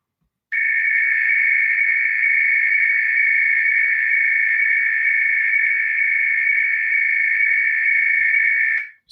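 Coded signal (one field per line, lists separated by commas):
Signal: RTTY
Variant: F01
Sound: continuous fast warbling two-tone teletype burbling for about eight seconds, then stops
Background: radio static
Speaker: so you should be hearing some kind of i pitched rtty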